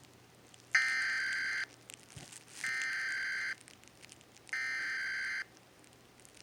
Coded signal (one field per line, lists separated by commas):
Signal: Emergency Alert System (SAME) tones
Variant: header bursts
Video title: EAS: Pennsylvania Required Monthly Tests (10/15/20)(EAS #489-494)